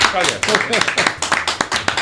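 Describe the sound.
A short round of applause: steady, brisk hand claps repeating over about two seconds, with voices talking and cheering underneath in the first half.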